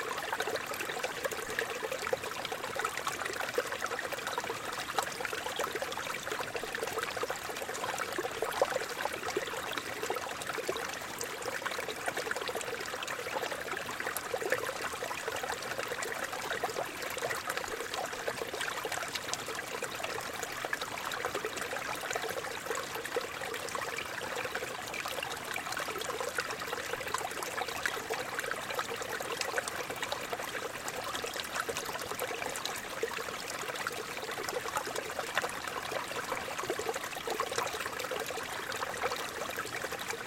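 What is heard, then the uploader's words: A small forest stream runs hidden beneath rocks, a steady, dense trickle and babble that never pauses over the forty seconds. The water sounds fairly bright, with many fine splashes and gurgles layered over a soft, even rush and little low rumble. Forest stream - Austbygdi, Norway. Small forest stream hidden under the rocks.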